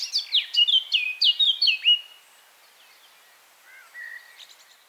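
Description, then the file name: Eurasian blackcap delivering a rich, fluted whistled flourish of descending notes for two seconds, then near silence with a few faint soft notes. "Sylvia atricapilla"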